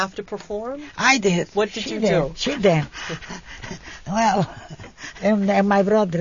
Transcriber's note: they laugh